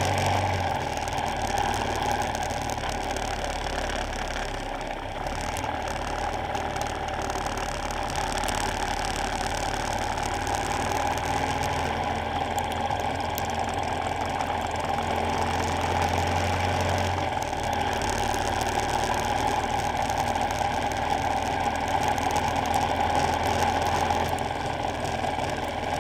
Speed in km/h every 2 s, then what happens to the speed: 42, 37, 34, 31, 32, 37, 37, 40, 42, 45, 45, 47, 47.
0-5 slows to 31. 7-18 speeds up to 45. 18-26 steady at about 45.